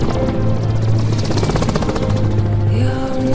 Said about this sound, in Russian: Юлина подруга смотрит на вертолет, летящий на небо.